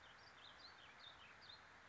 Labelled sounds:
Warbling Vireo (Vireo gilvus)

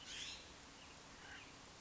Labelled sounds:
California Scrub-Jay (Aphelocoma californica)

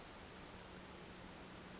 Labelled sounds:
Pacific Wren (Troglodytes pacificus)

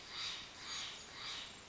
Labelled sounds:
Steller's Jay (Cyanocitta stelleri)

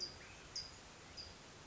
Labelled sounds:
California Towhee (Melozone crissalis)

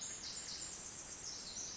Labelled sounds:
Pacific Wren (Troglodytes pacificus)

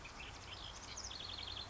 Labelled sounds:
House Wren (Troglodytes aedon)

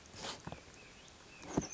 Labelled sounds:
Oak Titmouse (Baeolophus inornatus)

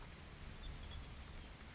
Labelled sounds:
Chestnut-backed Chickadee (Poecile rufescens)

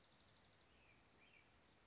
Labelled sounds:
Western Flycatcher (Empidonax difficilis)

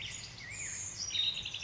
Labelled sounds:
Black-headed Grosbeak (Pheucticus melanocephalus)

